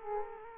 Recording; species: mosquito wingbeat signal from an infrared sensor; Aedes aegypti